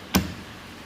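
On a Kings Dominator X winch, the clutch was set to engaged but had not seated, leaving the winch in freespool while it seemed engaged. The drum is spun about a quarter turn until the clutch dog drops into the drum with a single sharp click at 0.2 s, then a short fading ring and quiet. The clutch is now seated and engaged.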